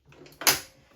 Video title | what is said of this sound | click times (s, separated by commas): Unboxing Pampered Chef’s Stand Mixer | And then unclick it back. | 0.4 s